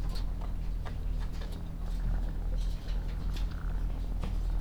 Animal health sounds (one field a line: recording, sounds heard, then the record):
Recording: poultry house recording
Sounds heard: sick chickens (respiratory disease)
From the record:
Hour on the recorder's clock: 16